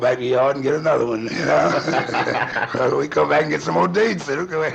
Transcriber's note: laughing